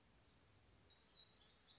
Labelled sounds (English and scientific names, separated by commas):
Black-throated Gray Warbler (Setophaga nigrescens)